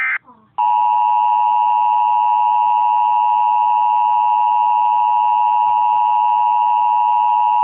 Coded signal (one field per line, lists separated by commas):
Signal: Emergency Alert System (SAME) tones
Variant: 853 and 960 Hz attention tone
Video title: emergency eas system not a test tornado warning